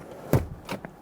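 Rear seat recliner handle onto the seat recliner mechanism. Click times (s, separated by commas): 0.3 s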